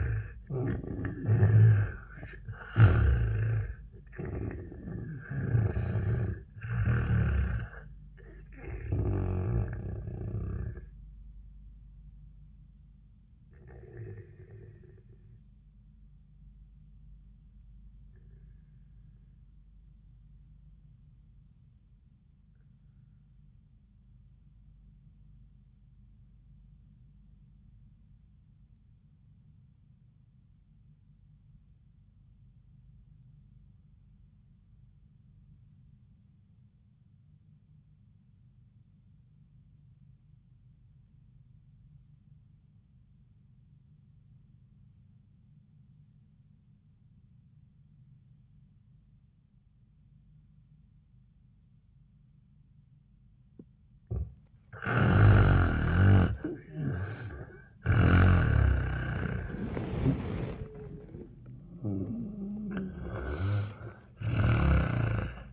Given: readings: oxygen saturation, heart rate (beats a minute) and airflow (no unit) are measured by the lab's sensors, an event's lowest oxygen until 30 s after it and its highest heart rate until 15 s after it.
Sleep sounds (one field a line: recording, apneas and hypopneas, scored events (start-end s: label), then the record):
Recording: breathing in sleep by a smartphone at the bedside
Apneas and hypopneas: 1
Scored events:
15.00-53.30 s: obstructive apnea (N1, oxygen 98% highest, then 70% lowest, heart rate 85 at the start, 91 highest)
21.00-51.00 s: new sleep stage, REM sleep
51.00-65.53 s: new sleep stage, N1 (lightest sleep)
From the record:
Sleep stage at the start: N1 (lightest sleep)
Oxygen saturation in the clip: 74 to 98%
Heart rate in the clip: 71 to 93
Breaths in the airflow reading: 4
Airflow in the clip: -22.0 to 10.5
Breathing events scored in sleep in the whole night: 400 in 8.7 hours asleep